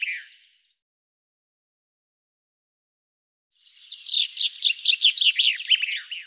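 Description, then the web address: Bird twittering, a brief chirp fading at the start, then after three seconds of silence a fast, high phrase of rapid downslurred chirps. "Deverinetal 2025 File cleaned normalized Bird Fr Co"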